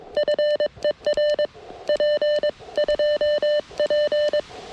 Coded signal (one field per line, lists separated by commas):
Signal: Morse code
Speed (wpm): 22 wpm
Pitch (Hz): 600 Hz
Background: none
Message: FER P 2P